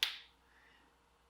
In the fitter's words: and you want to make sure it snaps all the way in there